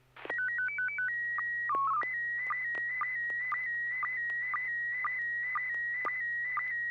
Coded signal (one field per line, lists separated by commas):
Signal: SSTV (slow-scan television)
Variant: PD 120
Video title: N6NA SSTV Net - 11/29/2023